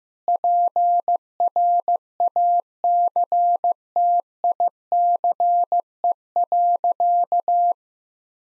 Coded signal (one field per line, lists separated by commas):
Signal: Morse code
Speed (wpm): 15 wpm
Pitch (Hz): 700 Hz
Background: none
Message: PRACTICE.